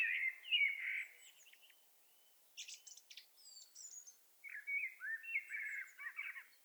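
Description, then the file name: Common blackbird song: a loud fluted opening, a run of thin very high twittering notes, then another rippling warbled phrase. "Turdus merula"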